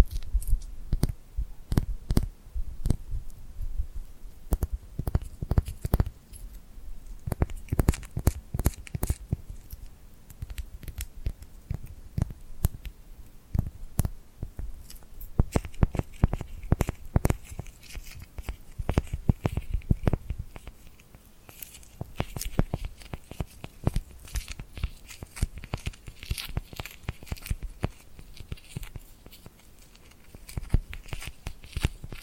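Tingly glued hand sounds: a dense run of sharp sticky peeling and crackling snaps that repeat rapidly through the whole clip. The clicks come in irregular bursts, with a short quieter stretch around twenty-two seconds, over a faint low rumble.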